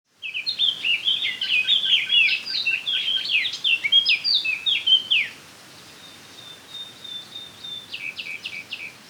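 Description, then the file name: Eurasian blackcap delivering a rapid, jumbled warble of bright chirps and slurred notes for about five seconds, followed by a thin sustained note and a few quiet repeated chips. "Sylvia atricapilla"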